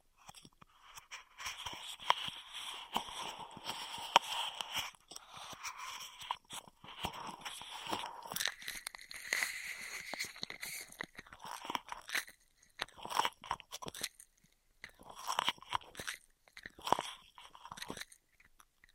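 Crisp crinkling and crunching from plastic straws, made of dense rapid clicks and scrapes with a bright, papery edge. The handling runs almost continuously, with short lulls near the middle and around the fifteen-second mark before resuming in quick bursts.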